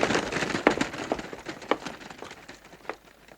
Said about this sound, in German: Der Kies knirschte unter den Schritten, die sich entfernten.